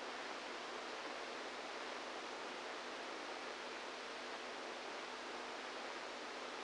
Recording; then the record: brain microelectrode recording played as sound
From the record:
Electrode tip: inside the subthalamic nucleus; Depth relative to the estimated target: -4 mm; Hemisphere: right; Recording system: NeuroSet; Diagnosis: Parkinson's disease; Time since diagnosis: 27 years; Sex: male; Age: 62 years